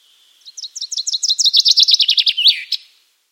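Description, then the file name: Common chaffinch song: a rapid series of bright notes running into a trill and ending in a sharp flourish. "Fringilla coelebs"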